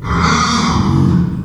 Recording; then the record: squeal of a Yucatan mini pig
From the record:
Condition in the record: after surgery on the right vocal fold (resection and tissue-engineered implant); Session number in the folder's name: 16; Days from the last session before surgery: 183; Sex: female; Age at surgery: 19 weeks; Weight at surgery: 25 kg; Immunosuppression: prednisolone